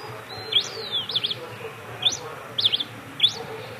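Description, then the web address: Red pileated finch: several short, high, sharp notes rising and falling in pitch, in scattered bursts. Recorded in Ecuador. "Birds of Ecuador 29 Red Pileated-Finch"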